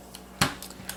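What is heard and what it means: The hinge button on the bottom of a Robinson Armament XCR-M .308 rifle's side-folding stock is pressed, and the stock is swung closed against the receiver, where a rubber bumper touches it. After a faint tick at 0.15 s, a loud, sharp click at 0.4 s rings out with a short decaying tail, followed by a few softer ticks around 0.6, 0.7 and 0.9 s. The stock locks closed at 0.4 s.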